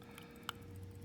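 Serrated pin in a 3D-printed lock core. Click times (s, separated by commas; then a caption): 0.5 s. A serrated pin in a 3D-printed lock core gives a small click at 0.2 s, then a sharp, louder final click at 0.5 s as it reaches the shear line and sets. A low hum runs underneath throughout.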